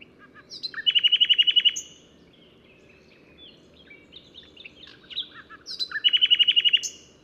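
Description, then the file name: Common nightingale song with two loud phrases of rapid repeated pulses, separated by quieter varied twitters and short whistles. "Luscinia megarhynchos"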